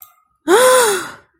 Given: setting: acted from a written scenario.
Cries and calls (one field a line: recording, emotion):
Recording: vocal sound without words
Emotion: distress